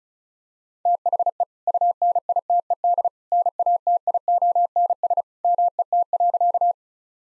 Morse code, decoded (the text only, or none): THE UNITED NATIONS MET.